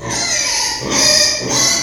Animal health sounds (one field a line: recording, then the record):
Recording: squeal of a Yucatan mini pig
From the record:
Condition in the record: before surgery on the right vocal fold (resection and tissue-engineered implant)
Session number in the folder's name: 2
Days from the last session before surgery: 0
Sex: male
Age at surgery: 12 weeks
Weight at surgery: 13 kg